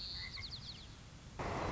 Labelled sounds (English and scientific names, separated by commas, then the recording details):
White-crowned Sparrow (Zonotrichia leucophrys)
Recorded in Sonoma County, California